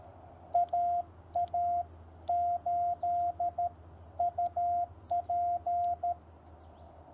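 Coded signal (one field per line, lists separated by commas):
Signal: Morse code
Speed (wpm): 13 wpm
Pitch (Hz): 700 Hz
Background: none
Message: AA8UP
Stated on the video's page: Call sign copy practice sent on a TR45L Skinny radio with a Bamatech TP III key, MC-750 vertical whip antenna with four radials, battery powered, in the field.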